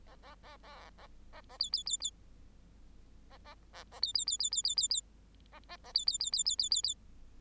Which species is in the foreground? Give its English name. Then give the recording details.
Bengalese Finch. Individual Bird8